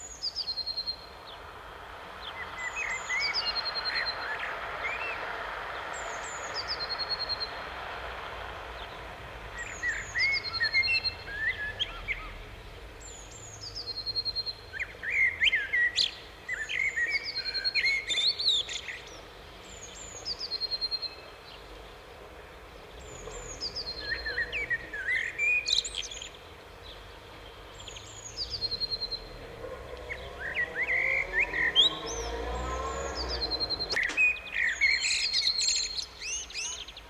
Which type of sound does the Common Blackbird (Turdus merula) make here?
song